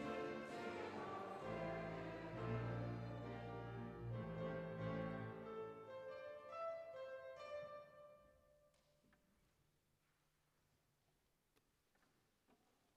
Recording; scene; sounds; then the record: everyday scene through a hearing-aid microphone; reverberant space; music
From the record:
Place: church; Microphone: behind the ear, right, front